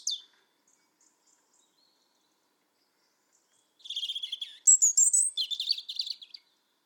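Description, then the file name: European robin song: a brief high note, a few quiet seconds, then two rapid phrases of thin, sparkling twitters and higher whistled notes. "Erithacus rubecula"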